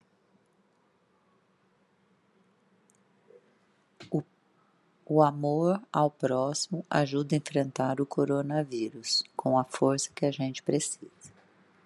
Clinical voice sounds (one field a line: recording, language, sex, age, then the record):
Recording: spoken sentence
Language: Brazilian Portuguese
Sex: female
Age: 50 to 59 years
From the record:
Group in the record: control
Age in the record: 51 years